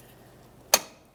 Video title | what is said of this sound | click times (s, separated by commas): How to Replace Radiator 2009-2014 Nissan Maxima 3.5L V6 | Audible click from both sides here. | 0.7 s